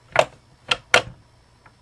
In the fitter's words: until it clicks